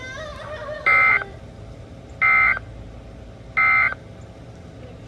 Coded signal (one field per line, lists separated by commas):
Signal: Emergency Alert System (SAME) tones